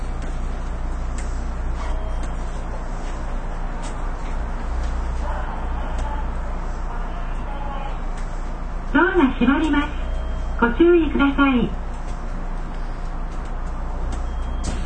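A local train on the Nippou line runs with a steady, deep rumble and hiss that holds even throughout. Around nine seconds a voice cuts in for two short, clear bursts of speech, about a second apart, before the train noise carries on alone.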